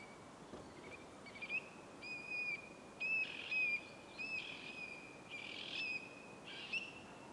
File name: Stone curlew